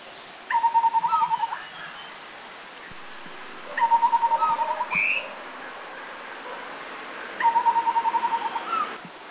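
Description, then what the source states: Taiwan scimitar babbler calls: three bursts of quick even whistled notes at a steady low pitch, each about a second long, with brief higher notes. Recorded at Anmashan, Taiwan, in April 2010.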